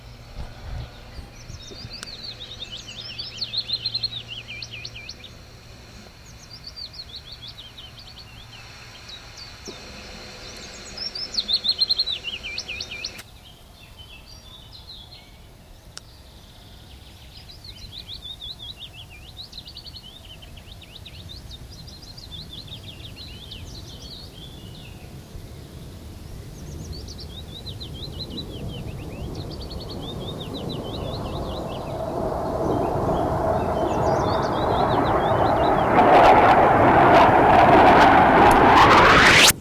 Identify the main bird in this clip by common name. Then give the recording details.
Willow Warbler. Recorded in the wild. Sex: male. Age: adult. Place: Brackenheim, OT Stockheim, Baden-Württemberg, DE. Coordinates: 49.0883, 9.00917. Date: 1969-06-23 14:30. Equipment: Nagra III PH, MD 211, PES 26. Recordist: Jeserich, E. and Schneider, H.-J. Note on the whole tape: Burg Stockheim bei Besigheim (gemeint ist vermutlich Schloß Stocksberg in Stockheim). Phylloscopus trochilus trochilus "sylvestris". Teilweise Windgeräusch stark störend. Aufnahmen mit Lockband. MaAs: A.I